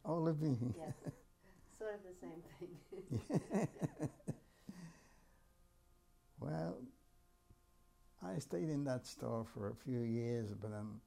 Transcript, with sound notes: Oh, Levine.
Yes, sort of the same thing. [Laughs]
Well, I stayed in that store for a few years, but